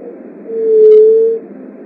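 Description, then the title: Leptotila dove giving a single low, hollow, steady coo lasting about a second, over a soft hiss of background noise. "Juriti"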